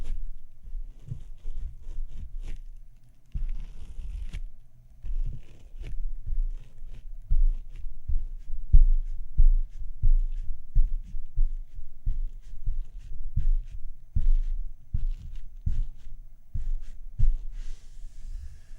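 Soft tapping and scratching on skin and a camera, with dull, low thuds landing every half second or so through the whole stretch. Occasional brighter scratchy touches flicker above the thumps, and a faint steady hum sits underneath. No voice is heard.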